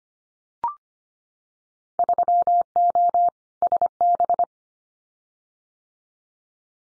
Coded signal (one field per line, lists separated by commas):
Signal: Morse code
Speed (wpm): 25 wpm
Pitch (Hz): 700 Hz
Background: none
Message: 3O SB